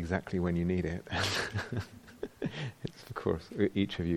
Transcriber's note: laughs